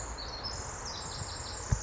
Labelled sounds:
Pacific Wren (Troglodytes pacificus)
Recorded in Sonoma County, California

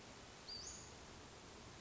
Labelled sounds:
Western Flycatcher (Empidonax difficilis)
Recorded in Sonoma County, California

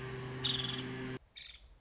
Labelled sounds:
Nuttall's Woodpecker (Dryobates nuttallii)
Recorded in Sonoma County, California

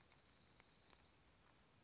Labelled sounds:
Dark-eyed Junco (Junco hyemalis)
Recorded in Sonoma County, California

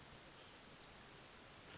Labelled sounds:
Western Flycatcher (Empidonax difficilis)
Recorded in Sonoma County, California

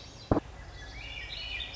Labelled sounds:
Swainson's Thrush (Catharus ustulatus)
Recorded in Sonoma County, California

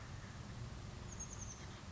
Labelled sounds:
Chestnut-backed Chickadee (Poecile rufescens)
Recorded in Sonoma County, California

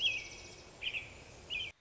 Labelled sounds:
American Robin (Turdus migratorius)
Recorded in Sonoma County, California

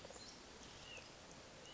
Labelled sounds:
White-breasted Nuthatch (Sitta carolinensis)
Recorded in Sonoma County, California

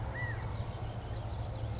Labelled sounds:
California Quail (Callipepla californica)
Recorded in Sonoma County, California

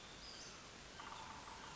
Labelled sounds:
Western Flycatcher (Empidonax difficilis)
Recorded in Sonoma County, California

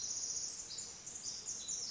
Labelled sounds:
Pacific Wren (Troglodytes pacificus)
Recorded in Sonoma County, California

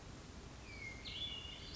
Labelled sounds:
Hermit Thrush (Catharus guttatus)
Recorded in Sonoma County, California

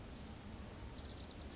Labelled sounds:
Orange-crowned Warbler (Leiothlypis celata)
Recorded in Sonoma County, California

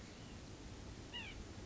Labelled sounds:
White-breasted Nuthatch (Sitta carolinensis)
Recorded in Sonoma County, California

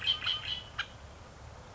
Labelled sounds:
Red-winged Blackbird (Agelaius phoeniceus)
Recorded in Sonoma County, California

